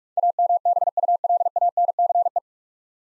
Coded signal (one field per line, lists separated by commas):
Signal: Morse code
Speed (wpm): 46 wpm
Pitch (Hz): 700 Hz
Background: none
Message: AMBULANCE